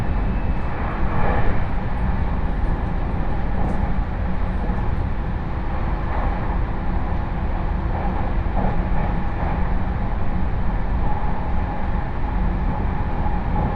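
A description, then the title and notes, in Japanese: Inside a train on the Chuo West Line, a steady low rumble of wheels on track fills the cabin, with faint squeals and rattles throughout. 鉄道旅 中央西線 恵那→高蔵寺。315系電車が中央本線でデビューしたものの中々乗る機会が無かったのですが、ようやく当たりました。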